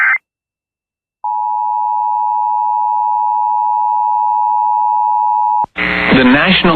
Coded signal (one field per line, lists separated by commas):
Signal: Emergency Alert System (SAME) tones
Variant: 853 and 960 Hz attention tone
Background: speech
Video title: TX TOR EAS #725 (Tropical Storm Beryl)